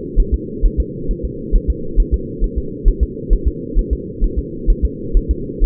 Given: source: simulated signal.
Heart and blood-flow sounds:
fetal heart sounds
0.20 s: S1
0.34 s: S2
0.66 s: S1
0.80 s: S2
1.11 s: S1
1.25 s: S2
1.55 s: S1
1.70 s: S2
2.00 s: S1
2.14 s: S2
2.44 s: S1
2.58 s: S2
2.88 s: S1
3.03 s: S2
3.33 s: S1
3.48 s: S2
3.79 s: S1
3.93 s: S2
4.24 s: S1
4.39 s: S2
4.70 s: S1
4.85 s: S2
5.17 s: S1
5.31 s: S2
5.64 s: S1
From the record:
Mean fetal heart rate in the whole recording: 130 bpm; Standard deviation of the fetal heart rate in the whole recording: 4 bpm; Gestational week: 38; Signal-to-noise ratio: -4.3 dB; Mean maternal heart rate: 72 bpm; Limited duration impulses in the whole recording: absent

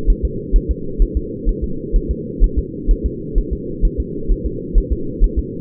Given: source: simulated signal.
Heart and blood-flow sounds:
fetal heart sounds
0.10 s: S1
0.25 s: S2
0.56 s: S1
0.71 s: S2
1.02 s: S1
1.17 s: S2
1.49 s: S1
1.64 s: S2
1.96 s: S1
2.11 s: S2
2.44 s: S1
2.59 s: S2
2.91 s: S1
3.06 s: S2
3.38 s: S1
3.53 s: S2
3.85 s: S1
4.00 s: S2
4.32 s: S1
4.46 s: S2
4.78 s: S1
4.93 s: S2
5.24 s: S1
5.39 s: S2
From the record:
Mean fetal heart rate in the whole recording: 130 bpm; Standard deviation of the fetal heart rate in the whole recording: 4 bpm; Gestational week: 38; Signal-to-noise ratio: -4.3 dB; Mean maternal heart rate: 72 bpm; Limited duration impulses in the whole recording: absent

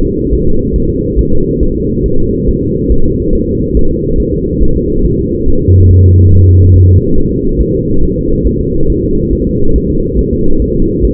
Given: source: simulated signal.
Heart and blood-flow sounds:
fetal heart sounds
0.05 s: S2
0.33 s: S1
0.47 s: S2
0.76 s: S1
0.90 s: S2
1.19 s: S1
1.33 s: S2
1.63 s: S1
1.77 s: S2
2.06 s: S1
2.20 s: S2
2.49 s: S1
2.63 s: S2
2.92 s: S1
3.06 s: S2
3.35 s: S1
3.49 s: S2
3.77 s: S1
3.91 s: S2
4.20 s: S1
4.34 s: S2
4.62 s: S1
4.77 s: S2
5.05 s: S1
5.19 s: S2
5.48 s: S1
5.62 s: S2
5.91 s: S1
6.05 s: S2
6.33 s: S1
6.47 s: S2
6.76 s: S1
6.90 s: S2
7.18 s: S1
7.32 s: S2
7.61 s: S1
7.75 s: S2
8.03 s: S1
8.17 s: S2
8.47 s: S1
8.61 s: S2
8.90 s: S1
9.04 s: S2
9.33 s: S1
9.47 s: S2
9.76 s: S1
9.90 s: S2
10.19 s: S1
10.33 s: S2
10.62 s: S1
10.76 s: S2
11.05 s: S1
From the record:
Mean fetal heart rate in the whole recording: 140 bpm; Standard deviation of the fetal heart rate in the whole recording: 2 bpm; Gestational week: 34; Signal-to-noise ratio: -19.1 dB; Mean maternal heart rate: 72 bpm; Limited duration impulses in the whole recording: present

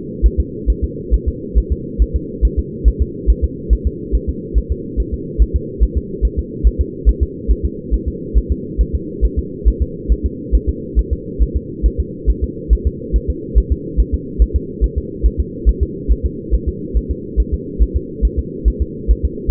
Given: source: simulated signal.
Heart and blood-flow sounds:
fetal heart sounds
0.26 s: S1
0.40 s: S2
0.70 s: S1
0.84 s: S2
1.14 s: S1
1.28 s: S2
1.58 s: S1
1.72 s: S2
2.02 s: S1
2.16 s: S2
2.45 s: S1
2.59 s: S2
2.88 s: S1
3.02 s: S2
3.30 s: S1
3.44 s: S2
3.73 s: S1
3.87 s: S2
4.15 s: S1
4.29 s: S2
4.58 s: S1
4.72 s: S2
5.00 s: S1
5.14 s: S2
5.42 s: S1
5.56 s: S2
5.83 s: S1
5.97 s: S2
6.25 s: S1
6.39 s: S2
6.67 s: S1
6.81 s: S2
7.09 s: S1
7.23 s: S2
7.51 s: S1
7.65 s: S2
7.94 s: S1
8.08 s: S2
8.38 s: S1
8.52 s: S2
8.81 s: S1
8.95 s: S2
9.25 s: S1
9.39 s: S2
9.68 s: S1
9.82 s: S2
10.12 s: S1
10.26 s: S2
10.55 s: S1
10.69 s: S2
10.99 s: S1
11.13 s: S2
11.43 s: S1
11.56 s: S2
11.86 s: S1
12.00 s: S2
12.30 s: S1
12.44 s: S2
12.73 s: S1
12.87 s: S2
13.16 s: S1
13.30 s: S2
13.58 s: S1
13.72 s: S2
14.00 s: S1
14.14 s: S2
14.42 s: S1
14.56 s: S2
14.84 s: S1
14.98 s: S2
15.26 s: S1
15.40 s: S2
15.69 s: S1
15.83 s: S2
16.12 s: S1
16.26 s: S2
16.54 s: S1
16.68 s: S2
16.97 s: S1
17.11 s: S2
17.40 s: S1
17.54 s: S2
17.82 s: S1
17.96 s: S2
18.25 s: S1
18.39 s: S2
18.68 s: S1
18.82 s: S2
19.11 s: S1
19.25 s: S2
From the record:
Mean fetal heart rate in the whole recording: 140 bpm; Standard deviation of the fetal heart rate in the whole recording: 2 bpm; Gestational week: 34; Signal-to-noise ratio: -4.1 dB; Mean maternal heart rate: no maternal heart sound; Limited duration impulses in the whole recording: absent

